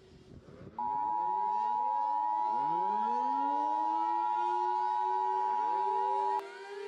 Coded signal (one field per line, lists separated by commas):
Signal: Emergency Alert System (SAME) tones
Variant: 853 and 960 Hz attention tone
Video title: The Big Crunch: Mini EAS Scenario